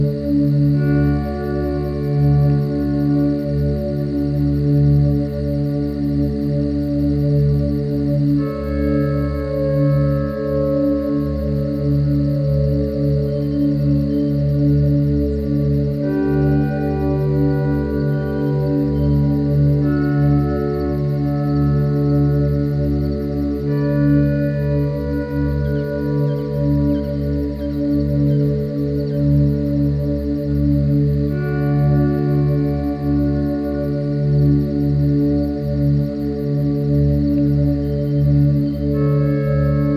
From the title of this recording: Night Forest Meditation With 432hz Music